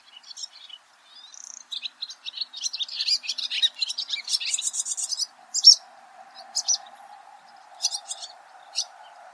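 Barn swallow twittering, a rapid run of high chirps and buzzy notes building in the middle, then scattered single chirps over a low hum.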